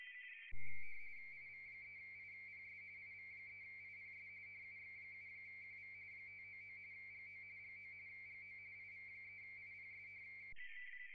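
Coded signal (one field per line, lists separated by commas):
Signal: RTTY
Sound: warbling two-tone teleprinter chatter, rapid alternation between close pitches, steady for ten seconds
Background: radio static hiss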